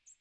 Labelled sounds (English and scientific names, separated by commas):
American Redstart (Setophaga ruticilla) flight call